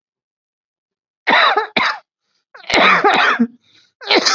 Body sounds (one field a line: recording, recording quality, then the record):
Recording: shallow voluntary cough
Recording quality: excellent, no background noise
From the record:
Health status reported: COVID-19 positive, mild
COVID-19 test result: positive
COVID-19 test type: RT-PCR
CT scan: not taken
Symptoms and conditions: cough, fever, muscle pain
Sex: male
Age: 41 years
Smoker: no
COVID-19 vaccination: both doses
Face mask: worn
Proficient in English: yes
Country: India